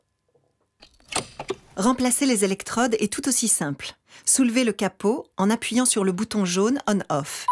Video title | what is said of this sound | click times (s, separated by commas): Défibrillateur LifePak CR Plus Medtronic www.dae-defibrillateur.com | puis introduisez la nouvelle jusqu'à entendre le petit clic | 0.8 s